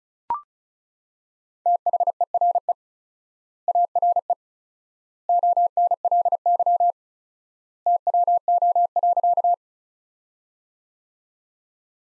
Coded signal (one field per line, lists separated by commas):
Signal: Morse code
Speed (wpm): 36 wpm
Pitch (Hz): 700 Hz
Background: none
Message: THERE ARE ONLY TWO.